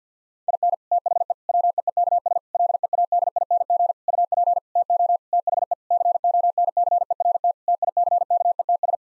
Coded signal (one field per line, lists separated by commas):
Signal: Morse code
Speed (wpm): 50 wpm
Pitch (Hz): 700 Hz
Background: none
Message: IN THE WEEKS LEADING UP TO THE CONCERT TICKETS